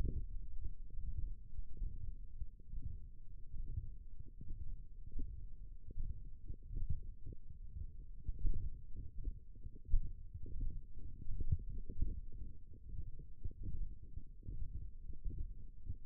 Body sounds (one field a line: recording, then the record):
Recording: forearm muscle sounds (acoustic myography)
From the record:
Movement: thumb flexion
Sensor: system 1, eight BSWA MPA416 microphones around the upper forearm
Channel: 3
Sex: male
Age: 21 years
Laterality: right